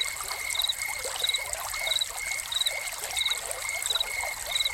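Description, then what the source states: Cricket chirping: short pulsed bursts repeat at a steady pace over a steady high tone and the constant splash and trickle of fountain water. Crickets recorded together with a fountain.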